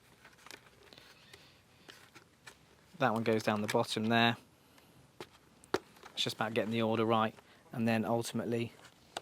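Padding or liner pieces are being refitted into a race helmet shell after an intercom install, with a helmet liner or pad clip handled near the shell. Someone talks over soft crinkling and handling noises with a few small taps, including a sharp tap near 5.7 s. Nothing has seated or clicked into place yet.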